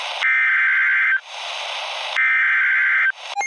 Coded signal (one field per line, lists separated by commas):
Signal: Emergency Alert System (SAME) tones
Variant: header bursts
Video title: Nevada Occurrence (EAS Scenario)